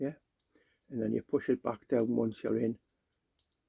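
A small metal SIM card holder in a mini mobile phone is being handled after the nano SIM card has gone in, ready to be pushed back down over it. Someone talks throughout, with only faint ticks between words. Nothing has seated or clicked yet.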